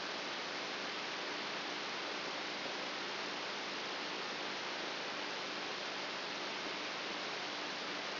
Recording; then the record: brain microelectrode recording played as sound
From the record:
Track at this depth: outside the subthalamic nucleus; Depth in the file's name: 7.04 mm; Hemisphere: right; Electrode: 2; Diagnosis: Parkinson's disease